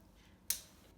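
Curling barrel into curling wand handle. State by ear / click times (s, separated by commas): seated / 0.5 s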